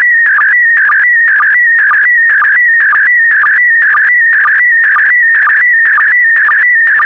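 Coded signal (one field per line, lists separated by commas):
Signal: SSTV (slow-scan television)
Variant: PD120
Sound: warbling, buzzy tone shifting in pitch, with a short low blip about twice a second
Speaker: Five, four, three, two, one. Thank you. Transmission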